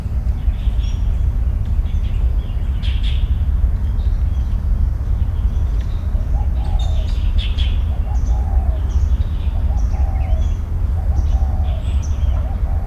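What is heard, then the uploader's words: Birds call over a constant low rumble, with short bright chirps and clicks scattered through the clip. From about six seconds on, a repeated mid-pitched call arches up and down several times, while a traffic-like drone continues underneath. Birds.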